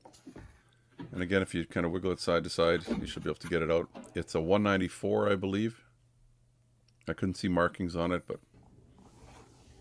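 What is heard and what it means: A small 194-type wedge marker bulb is handled near its plastic tail-light socket on a 1993–1997 Intrepid while someone talks, with faint handling noises in the pauses. The bulb has not yet been pushed back in, and nothing has seated or clicked.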